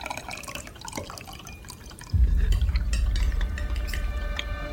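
A few light clinks and drips, then a steady, fairly loud stream of liquid pours from a carafe into a wine glass, gurgling continuously until the end, with no voices.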